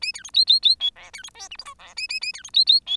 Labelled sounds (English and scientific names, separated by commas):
Bengalese Finch (Lonchura striata domestica) song